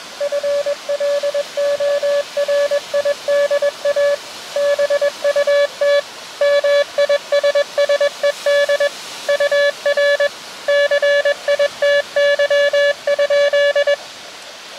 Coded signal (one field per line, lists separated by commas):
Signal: Morse code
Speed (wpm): 21 wpm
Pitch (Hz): 570 Hz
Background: none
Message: FLORIDA BUT MISSED UR CITY?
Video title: Beach QRP Ham Radio CW QSO SUCCESS! ~ Long Wire QSO!